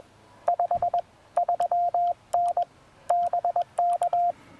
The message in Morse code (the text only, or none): 53N BK